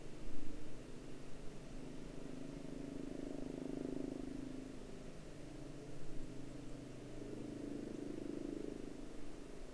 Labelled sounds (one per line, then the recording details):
man-made sound
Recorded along the Dempster Highway, Canada, on 6 August 2019 at 12:13
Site 16